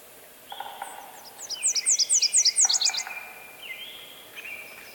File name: Leiothlypis ruficapilla - Nashville Warbler